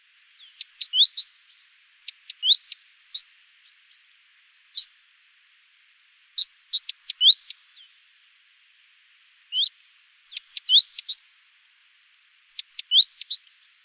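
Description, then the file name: Great tit calls, repeated clusters of sharp high ticks with upward-slurred whistles, coming in bursts every couple of seconds against a quiet background. "Parus major"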